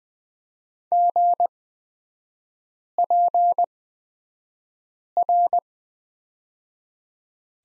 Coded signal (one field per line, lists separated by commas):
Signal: Morse code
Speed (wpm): 20 wpm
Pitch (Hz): 700 Hz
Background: none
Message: GPR